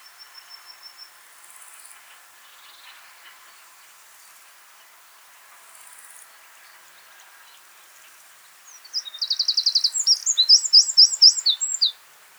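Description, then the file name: Eurasian wren song: a loud, rapid burst of high, sharp notes and trills near the end, after several seconds of faint, scattered high chirps. "Troglodytes troglodytes"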